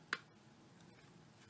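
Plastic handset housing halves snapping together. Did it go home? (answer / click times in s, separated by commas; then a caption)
no / none. The plastic housing halves of a Panasonic KX-TGA650B cordless phone handset are handled and pressed together by hand after the top has been started. A sharp tap is heard at 0.1 s and a faint one at 0.8 s over quiet background noise. Nothing has seated or clicked yet.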